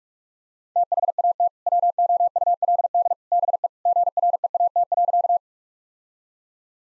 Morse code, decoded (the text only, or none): THAT WOULD BE GREAT.